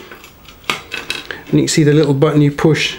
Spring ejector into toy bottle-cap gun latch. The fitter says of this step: hole where the bottle cap goes if we copy it you can actually see there's the ejector locks in place